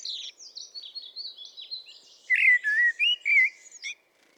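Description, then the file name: Common blackbird song: high, thin twittering at first, then loud low fluted whistles, ending in a short squeak. "Turdus merula"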